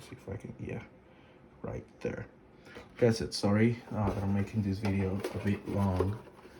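Someone talks while handling the retractable carpet spike in the pedal base of a Logitech G29 racing steering wheel, with short bursts of handling noise in the first couple of seconds. The spike is meant to be pushed down until it clicks into place, but nothing has seated or clicked yet.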